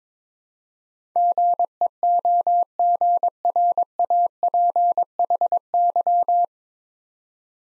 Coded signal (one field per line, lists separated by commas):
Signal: Morse code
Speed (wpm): 22 wpm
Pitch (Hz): 700 Hz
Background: none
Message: GEOGRAPHY